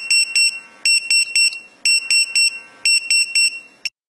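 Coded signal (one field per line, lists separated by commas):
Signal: pager alert tone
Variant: French firefighter pager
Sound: shrill high beeps in quick groups of four, repeating, ending with a brief chirp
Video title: Bruitage Bip Pompier mp3 gratuite pour portable - SonnerieTelephone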